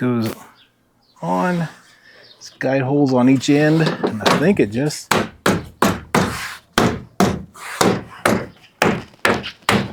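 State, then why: Not seated. Someone talks while a plastic trim cover is lined up on the guide holes at each end of a new Jeep Gladiator tailgate. A series of loud, sharp hits follows from about 5 seconds to the end, with the strongest near 6.8, 8.3, 8.8, 9.3 and 9.7 seconds. The cover is still being handled, and nothing has seated or clicked into place yet.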